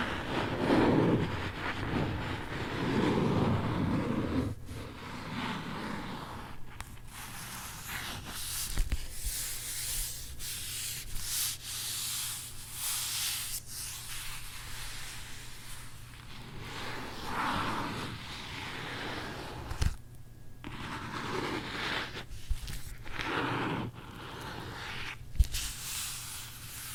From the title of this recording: ASMR book scratching